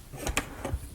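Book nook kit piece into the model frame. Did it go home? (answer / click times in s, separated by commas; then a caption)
no / none. A piece from a CuteBee Rose Detective Agency book nook kit is fitted into the model frame, making brief taps around 0.3 s, 0.4 s and 0.7 s. Nothing has clicked or locked into place yet, and the part sits with a gap.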